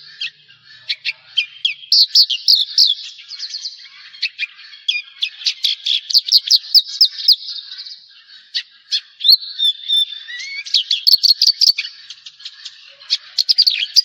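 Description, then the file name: Javan bush lark song, varied chirps, clicks and slurred notes in quick succession, including a few rising whistles, continuing in uneven bursts. "suara burung branjangan jawa"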